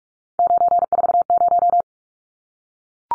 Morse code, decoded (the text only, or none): 940